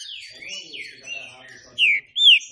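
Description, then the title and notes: Green-winged saltator song: soft slurred whistles, then loud, sharp down-slurred notes. Classic song style (canto clássico) of the green-winged saltator, made as a training recording. "Canto Clássico Trinca Ferro TREINAMENTO. trinca fero"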